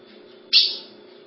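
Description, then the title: Ultramarine grosbeak uttering one loud, sharp call note that slides downward and fades, against a constant low hum. "Azulao"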